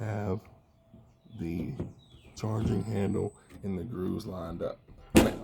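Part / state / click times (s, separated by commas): pistol into carbine conversion chassis / seated / 5.2 s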